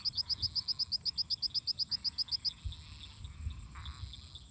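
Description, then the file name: Crickets deliver a fast regular series of shrill chirps that stops halfway, leaving quieter frog and toad calls and faint scattered chirping. Crickets singing constantly together with toads and frogs. "Grilos cantando constantemente em conjunto com sapos e ras"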